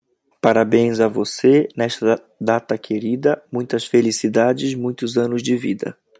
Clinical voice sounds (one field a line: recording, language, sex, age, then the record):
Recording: short text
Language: Brazilian Portuguese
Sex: male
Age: 30 to 39 years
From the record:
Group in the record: control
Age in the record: 33 years